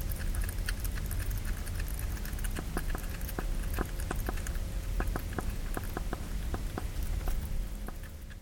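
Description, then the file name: Hedgehog eating, with sharp smacking and crunching clicks coming in irregular bursts, densest in the second half, over a steady low rumble. Feeding. "fressender Igel"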